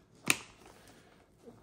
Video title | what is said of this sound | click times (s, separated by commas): Install Sena SRL Mesh into Shoei Neotec II | And then you can hear those snap into place. | 0.3 s